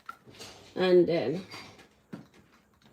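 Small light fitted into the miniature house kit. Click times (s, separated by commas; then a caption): 0.1 s. A small light piece from a Super Creator series miniature house kit is screwed onto its fitting, giving a single short, sharp click at 0.1 s as it seats. Someone then talks, followed by a few faint knocks near the end.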